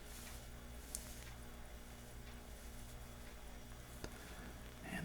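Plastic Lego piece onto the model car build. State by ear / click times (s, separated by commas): not seated / none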